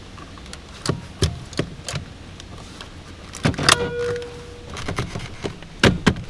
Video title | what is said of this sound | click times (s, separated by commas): How to Swap the Steering Wheel on Your Holden Commodore | there we go and putting the airbag in is as simple as just pushing and you'll hear it pop | 5.8 s